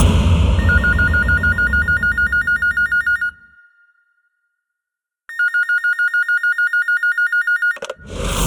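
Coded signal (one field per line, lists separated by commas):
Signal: none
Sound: telephone ringing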